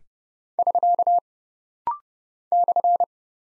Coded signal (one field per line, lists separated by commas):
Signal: Morse code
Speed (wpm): 30 wpm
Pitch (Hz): 700 Hz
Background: none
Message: <SK> /